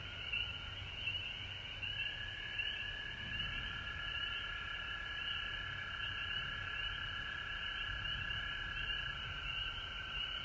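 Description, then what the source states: Frogs calling in chorus, a sustained trilling drone overlaid by rapidly repeated higher peeps, with soft low rumbling in the background. Recorded at home in Georgia on March 19, 2020.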